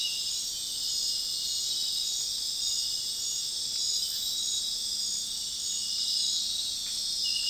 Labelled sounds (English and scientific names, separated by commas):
none